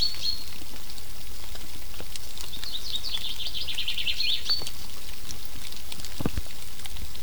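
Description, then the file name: Common chaffinch song, one quick descending run of chirpy notes lasting about two seconds, amid steady hiss and a few clicks. "Fringilla coelebs"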